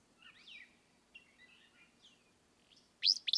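Willow flycatcher with soft twittering slurred notes, then a loud burry phrase that starts and is cut off at the end.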